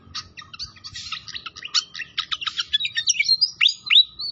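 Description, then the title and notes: Pied fantail song, a fast jumble of buzzy chirps giving way to clearer rising and falling whistles near the end. Masteran training of a clear song mixed with the sound of flowing water. "Masteran Sikatan Kipas Suara Jernih Dan Suara Gemericik Air. Suara Burung Sikatan Londo"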